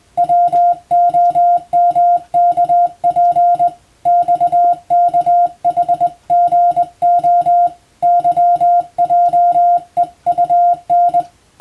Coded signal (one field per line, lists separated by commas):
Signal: Morse code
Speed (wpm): 20 wpm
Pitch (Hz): 700 Hz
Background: music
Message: WOMKP XKHGO YJEUN